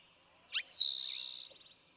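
Eastern towhee song: two soft short notes, then a bright down-swept whistle running into a fast buzzy trill lasting nearly a second.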